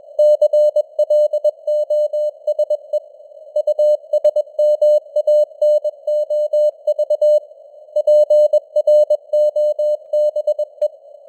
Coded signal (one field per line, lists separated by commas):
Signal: Morse code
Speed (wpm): 21 wpm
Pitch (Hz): 600 Hz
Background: none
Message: CLOSE USMANOV PROBE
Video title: Morse Code News | 2025-12-30 | 21wpm